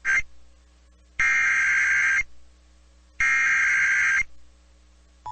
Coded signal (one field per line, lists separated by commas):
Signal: Emergency Alert System (SAME) tones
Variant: header bursts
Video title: EAS Tornado Watch #5 Arkansas, Louisiana, and Mississippi NOAA Weather Radio